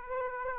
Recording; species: mosquito wingbeat signal from an infrared sensor; Aedes aegypti